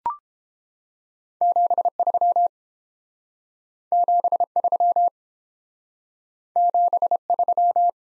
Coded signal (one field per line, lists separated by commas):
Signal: Morse code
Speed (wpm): 31 wpm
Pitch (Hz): 700 Hz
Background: none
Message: 73 73 73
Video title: Top 20 QSO Elements - Speed-Racing - 22wpm